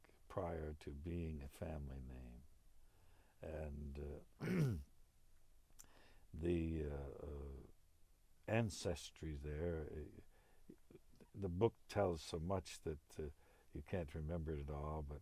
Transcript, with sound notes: prior to being a family name. And (he clears his throat) the ancestry there, the book tells so much that you can't remember it all.